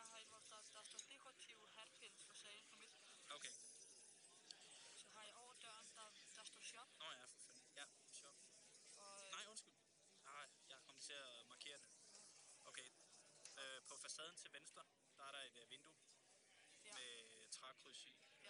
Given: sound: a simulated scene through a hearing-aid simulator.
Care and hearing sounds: conversation; cafeteria; +4 dB SNR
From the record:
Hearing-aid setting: III (slow-acting compression, loudness normalization, advanced features for about 2.5 dB of SNR improvement); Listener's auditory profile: A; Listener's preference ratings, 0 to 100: 27, 84, 60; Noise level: 65 dB SPL

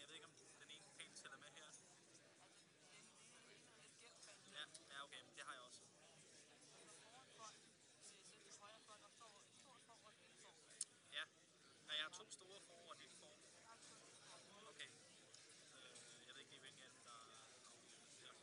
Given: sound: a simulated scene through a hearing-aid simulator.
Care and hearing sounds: conversation; cafeteria; -4 dB SNR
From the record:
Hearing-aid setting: standard clinical setting (NAL); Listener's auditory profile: A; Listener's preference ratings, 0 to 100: 59, 35, 33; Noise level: 65 dB SPL

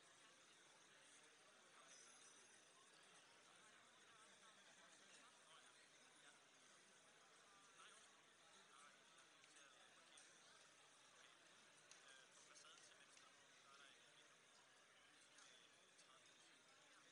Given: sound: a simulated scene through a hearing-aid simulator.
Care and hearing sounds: conversation; cafeteria (anchor of the quiet scene); -6 dB SNR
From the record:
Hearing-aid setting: anchor resembling a broken hearing aid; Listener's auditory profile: C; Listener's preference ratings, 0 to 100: 1, 1, 0

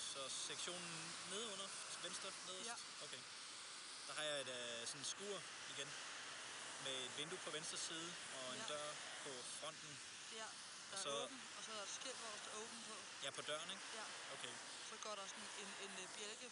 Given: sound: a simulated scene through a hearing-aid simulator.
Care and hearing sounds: conversation; traffic; +4 dB SNR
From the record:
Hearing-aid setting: I (fast-acting compression, audibility-based gain); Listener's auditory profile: B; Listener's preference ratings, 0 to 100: 53, 63, 89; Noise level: 75 dB SPL

